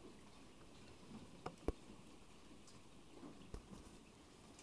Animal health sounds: poultry house recording; healthy chickens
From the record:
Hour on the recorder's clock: 14

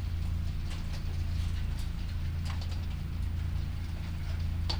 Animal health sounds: poultry house recording; no chicken sound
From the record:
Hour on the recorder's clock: 22

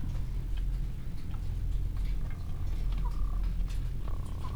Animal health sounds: poultry house recording; sick chickens (respiratory disease)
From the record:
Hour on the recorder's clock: 15

